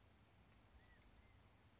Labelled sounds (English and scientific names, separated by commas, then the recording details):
California Quail (Callipepla californica)
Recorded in Sonoma County, California